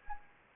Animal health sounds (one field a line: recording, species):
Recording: mosquito wingbeat signal from an infrared sensor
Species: Anopheles gambiae